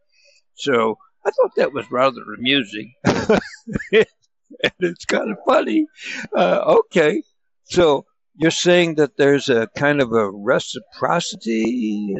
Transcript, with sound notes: So, I thought that was rather amusing. (laughs) And it's kinda funny.
Uh, okay. So, you're saying that there's a kind of a reciprocity,